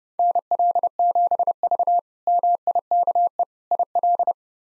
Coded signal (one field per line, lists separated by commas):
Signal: Morse code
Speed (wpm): 32 wpm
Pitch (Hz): 700 Hz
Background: none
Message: NL7V MIKE IL